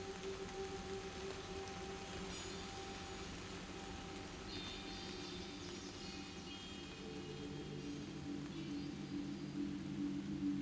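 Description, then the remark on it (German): Soft, steady rain hisses continuously with an even, unbroken texture, while a faint low hum and a few thin, high tones drift through the background. “Das Rauschen des Regens begleitet das Rauschen des Blutes durch mein Herz.”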